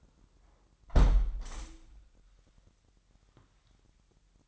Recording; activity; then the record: daily activity, microphone in the room; close window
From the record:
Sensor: 3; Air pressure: 998.1 hPa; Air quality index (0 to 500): 152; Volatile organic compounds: 5 ppm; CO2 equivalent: 1824 ppm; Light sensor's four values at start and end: 13/37/15/13 and 12/37/15/13